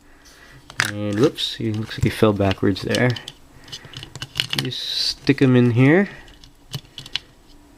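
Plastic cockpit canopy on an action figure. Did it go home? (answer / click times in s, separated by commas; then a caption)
no / none. Someone talks while a small gremlin figure is placed into the plastic cockpit of an Incredible Hulk Mecha-Hulk action figure and the canopy is shut over it. The closing makes only light plastic taps with no latch click. The canopy stays shut but has not clicked closed.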